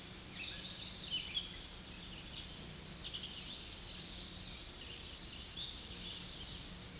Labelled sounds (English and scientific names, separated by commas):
Tennessee Warbler (Leiothlypis peregrina) song